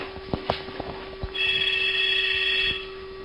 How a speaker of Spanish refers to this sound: O el puto teléfono, espera.